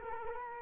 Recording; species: mosquito wingbeat signal from an infrared sensor; Culex quinquefasciatus